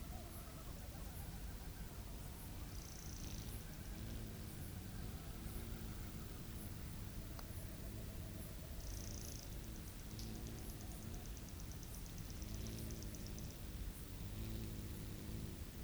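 On a summer night in the bush, a dense, steady hum of cicadas and crickets fills the air without pause. High, shrill bursts of insect song rise twice, near the third and ninth seconds, over a low, constant rumble.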